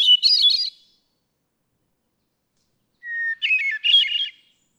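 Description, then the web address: Hermit thrush song: a trailing fluty flourish, then after a short pause a clear whistled note opening into rapid, ringing, ethereal trills. "birdsongforthecurious songs Hermit Thrush"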